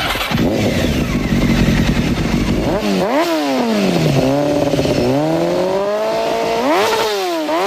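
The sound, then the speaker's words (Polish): A loud motorcycle engine idles roughly, then revs up and down repeatedly, its pitch swooping in rising and falling waves before one last climbing rev. No one speaks. “O akcji policji skierowanej do motocyklistów, ale nie tylko, także do pozostałych użytkowników dróg, powiemy już za kilka chwil”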